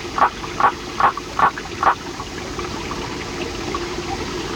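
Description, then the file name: Waterfall frog producing five quick croaking pulses in the first two seconds over rushing water. "Litoria nannotis"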